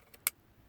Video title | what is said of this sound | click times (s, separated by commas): 1996 Mercedes C220 (W202) - Instrument Cluster Bulb Replacement | it's going to click right in place like that | 0.3 s